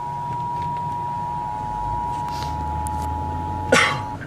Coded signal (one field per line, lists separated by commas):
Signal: Emergency Alert System (SAME) tones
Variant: 853 and 960 Hz attention tone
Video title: EAS #28 - Severe Thunderstorm Warning